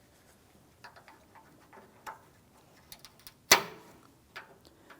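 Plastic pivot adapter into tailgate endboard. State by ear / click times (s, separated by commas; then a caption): seated / 3.5 s. A plastic pivot adapter with two locking clips is aligned and pressed into the tailgate endboard of a 2007-2014 GMC Sierra 2500 HD during a tailgate kit replacement. Several small taps and ticks are followed by one loud, sharp click at 3.5 s. The adapter is seated and can move around without falling out.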